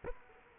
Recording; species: mosquito wingbeat signal from an infrared sensor; Culex quinquefasciatus